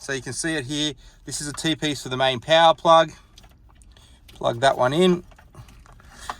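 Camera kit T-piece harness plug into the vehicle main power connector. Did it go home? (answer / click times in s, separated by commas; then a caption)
yes / 6.3 s. Someone talks while pushing the plastic T-piece wiring harness plug of an AutoChimp dual camera kit into the main power plug of a 2014 to 2020 Toyota Hilux. Faint plastic handling ticks follow, then a sharp click at 6.3 s as the plug seats.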